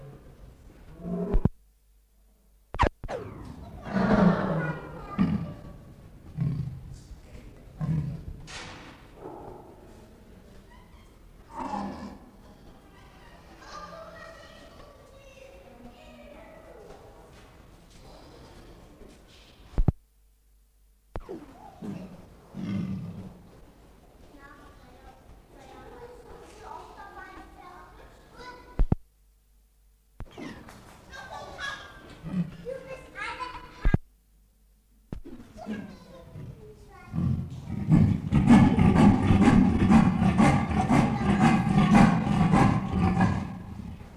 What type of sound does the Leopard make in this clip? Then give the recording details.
call. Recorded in captivity. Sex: group. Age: diverse. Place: Zoo Berlin, Berlin, DE. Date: 1960-01-10 14:30. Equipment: Reporter (Vollspur). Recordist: Tembrock, Günter